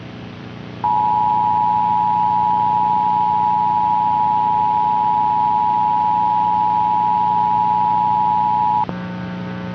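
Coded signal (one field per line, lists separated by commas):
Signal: Emergency Alert System (SAME) tones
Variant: 853 and 960 Hz attention tone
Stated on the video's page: Fictional EAS intrusion presented as a recorded 2011 Birmingham television broadcast, with possibly valid SAME tones.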